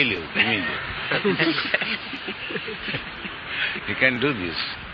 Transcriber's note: laughter